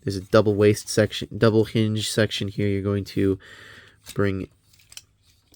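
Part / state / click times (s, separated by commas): waist hinge section into the body of a transforming robot figure / seated / 5.0 s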